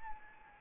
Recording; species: mosquito wingbeat signal from an infrared sensor; Anopheles arabiensis